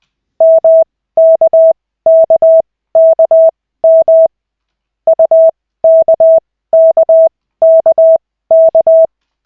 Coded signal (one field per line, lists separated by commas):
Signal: Morse code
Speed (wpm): 20 wpm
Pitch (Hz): 650 Hz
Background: none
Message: MKKKM UKKKK